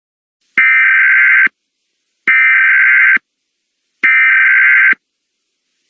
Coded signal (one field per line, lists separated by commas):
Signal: Emergency Alert System (SAME) tones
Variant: header bursts